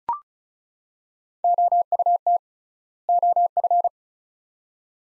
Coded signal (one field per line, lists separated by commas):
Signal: Morse code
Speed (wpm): 36 wpm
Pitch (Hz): 700 Hz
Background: none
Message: OUT OF